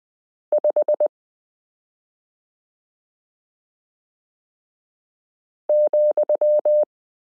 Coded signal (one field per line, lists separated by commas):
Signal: Morse code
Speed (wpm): 20 wpm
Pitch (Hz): 600 Hz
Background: none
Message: 5 ,